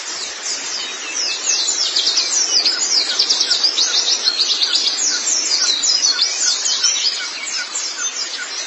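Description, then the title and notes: White-eye twittering: fast, thin, high chirps overlapping almost continuously. White-eye song (kicauan). "Kicauan Burung Pleci Durasi Panjang. Suara kicauan burung pleci"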